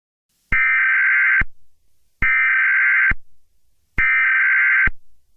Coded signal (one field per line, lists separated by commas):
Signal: Emergency Alert System (SAME) tones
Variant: header bursts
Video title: EAS Scenario: How Summer Turns Fiery